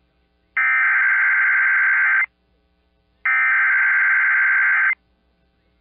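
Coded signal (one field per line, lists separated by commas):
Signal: Emergency Alert System (SAME) tones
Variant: header bursts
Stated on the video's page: Real alerts for Hurricane Fiona in Puerto Rico, received from NOAA Weather Radio San Juan, a San Juan TV station's audio, and a Hormigueros transmitter.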